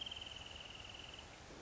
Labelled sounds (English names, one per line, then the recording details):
Wrentit
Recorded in Sonoma County, California